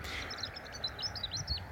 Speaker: Oh, a lovely burst from that Robin wanting to get his voice in.